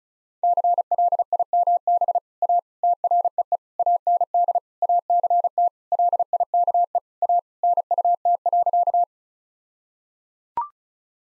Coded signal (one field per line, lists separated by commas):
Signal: Morse code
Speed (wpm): 34 wpm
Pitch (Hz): 700 Hz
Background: none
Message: CLIMB A TREE AND ACT LIKE A NUT.